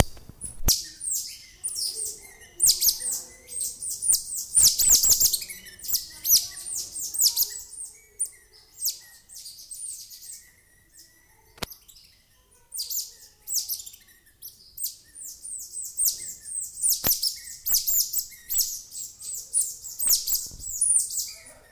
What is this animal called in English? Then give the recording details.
Cottontop Tamarin. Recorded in captivity. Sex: group. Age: adult. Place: Zoo Köln, Nordrhein-Westfalen, DE. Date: 2000-10-01 16:00. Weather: bedeckt, z.T. Regen, 15°C. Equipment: Nagra SN, Kopie Uher 4000 Report Monitor. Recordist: Tembrock, Günter